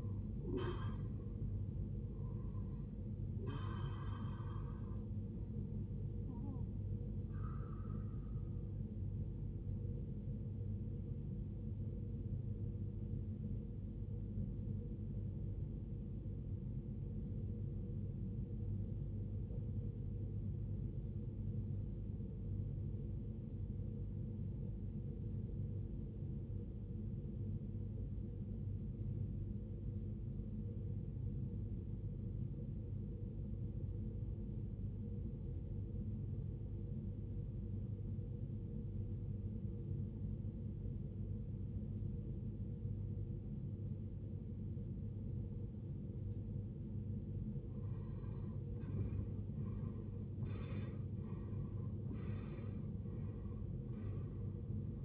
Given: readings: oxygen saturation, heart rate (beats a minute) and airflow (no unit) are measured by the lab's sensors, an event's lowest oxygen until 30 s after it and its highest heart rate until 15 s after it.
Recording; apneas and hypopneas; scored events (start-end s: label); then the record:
breathing in sleep by a smartphone at the bedside; 1
15.00-49.80 s: obstructive apnea (REM, oxygen 94% highest, then 80% lowest, heart rate 57 at the start, 96 highest)
From the record:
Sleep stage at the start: REM sleep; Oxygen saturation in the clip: 84 to 94%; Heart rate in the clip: 45 to 96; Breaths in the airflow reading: 7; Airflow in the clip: -20.2 to 17.6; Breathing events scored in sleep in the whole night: 389 in 6.3 hours asleep